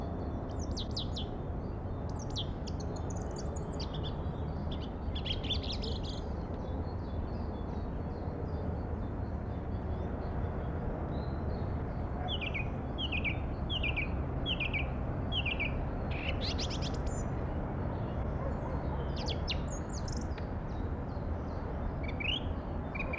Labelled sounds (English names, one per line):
Song Thrush song